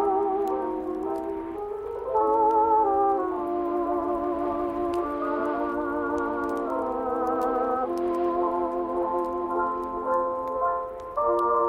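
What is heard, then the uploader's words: Oldies music plays softly from another room, muffled and dull, with no crisp top end. Sustained, wavering chords shift every second or two over a low hum, with faint scattered ticks above. The level stays even, dipping briefly near the end. Oldies music playing softly from another room.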